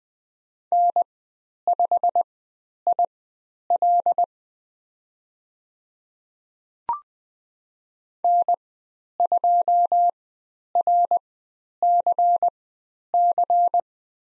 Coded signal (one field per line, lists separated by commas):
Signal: Morse code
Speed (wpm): 20 wpm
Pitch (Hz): 700 Hz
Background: none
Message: N5IL N2RCC